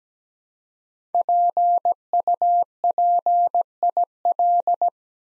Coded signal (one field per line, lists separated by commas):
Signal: Morse code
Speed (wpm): 17 wpm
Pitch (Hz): 700 Hz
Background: none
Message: PUPIL